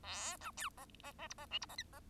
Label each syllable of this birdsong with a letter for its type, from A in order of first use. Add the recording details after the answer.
A B C D D D E D F E D G D. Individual Bird1